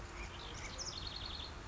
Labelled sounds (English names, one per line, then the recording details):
House Wren
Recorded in Sonoma County, California